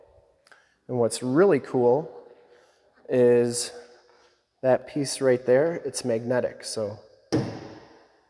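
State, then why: Seated. The rear cargo door of a 2014 Mercedes-Benz Sprinter Cargo 3500 High Roof 518CDI diesel van is swung fully open, and its metal door meets the magnetic hold-open catch. Someone talks, then a sharp thunk at 7.3 s marks the door snapping into the catch. It seats so the door won't fly open into traffic.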